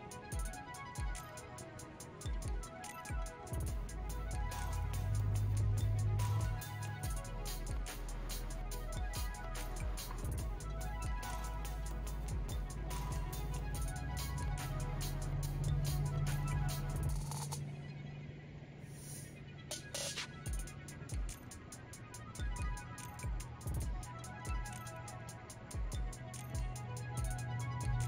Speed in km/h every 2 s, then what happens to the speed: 85, 84, 84, 86, 88, 90, 96, 98, 94, 95, 98, 98, 97, 97.
0-5 steady at about 84. 5-13 speeds up to 98. 13-28 steady at about 97.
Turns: none.